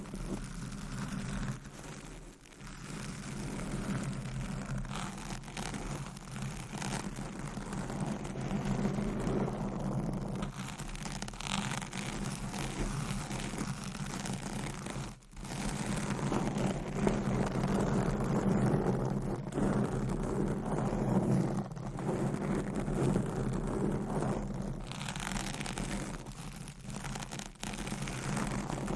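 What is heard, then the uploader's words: Scratching and rubbing against a microphone, a dense, continuous rasping texture with a strong low rumble underneath. The scraping swells and eases in uneven strokes, with brief dips near two and fifteen seconds, and stays loud throughout. Mic Scratching - Brain Scratching on 10 Different Mics Asmr No Talking.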